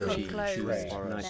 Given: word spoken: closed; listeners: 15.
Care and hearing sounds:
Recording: one English word in noise, from a listening test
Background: four-talker babble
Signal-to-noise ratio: -2.5 dB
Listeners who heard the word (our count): 5 of 15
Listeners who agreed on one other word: 6 of 15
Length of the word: 0.90 s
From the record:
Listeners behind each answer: 6, 5, 1, 1, 1, 1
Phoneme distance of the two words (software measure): 34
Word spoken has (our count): 1 syllable, 5 phonemes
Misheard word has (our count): 1 syllable, 3 phonemes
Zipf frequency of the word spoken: 4.69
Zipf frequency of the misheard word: 5.03

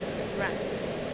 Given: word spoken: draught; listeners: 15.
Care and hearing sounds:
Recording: one English word in noise, from a listening test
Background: speech-shaped noise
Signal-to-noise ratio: -6.0 dB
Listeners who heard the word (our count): 0 of 15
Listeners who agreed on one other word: 6 of 15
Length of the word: 0.74 s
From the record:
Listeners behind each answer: 6, 2, 1, 1, 1, 1, 1, 1, 1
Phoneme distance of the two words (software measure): 24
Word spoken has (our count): 1 syllable, 5 phonemes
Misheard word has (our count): 1 syllable, 3 phonemes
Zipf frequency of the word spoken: 3.04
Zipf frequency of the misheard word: 4.23

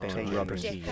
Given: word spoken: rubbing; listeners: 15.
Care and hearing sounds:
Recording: one English word in noise, from a listening test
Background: four-talker babble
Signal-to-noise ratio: 1.0 dB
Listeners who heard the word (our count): 0 of 15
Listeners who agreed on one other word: 10 of 15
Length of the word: 0.52 s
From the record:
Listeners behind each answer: 10, 1, 1, 1, 1, 1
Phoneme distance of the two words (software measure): 17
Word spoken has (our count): 2 syllables, 5 phonemes, stress on syllable 1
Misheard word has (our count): 2 syllables, 4 phonemes, stress on syllable 1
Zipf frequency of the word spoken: 3.69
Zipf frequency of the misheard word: 4.06

